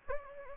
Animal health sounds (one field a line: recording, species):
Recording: mosquito wingbeat signal from an infrared sensor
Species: Anopheles gambiae